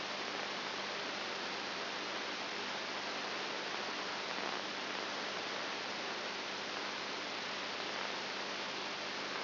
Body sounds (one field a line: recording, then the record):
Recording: brain microelectrode recording played as sound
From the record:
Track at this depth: inside the subthalamic nucleus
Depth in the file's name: 6.5 mm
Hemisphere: right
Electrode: 2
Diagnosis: Parkinson's disease